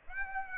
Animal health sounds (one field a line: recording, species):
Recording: mosquito wingbeat signal from an infrared sensor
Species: Aedes aegypti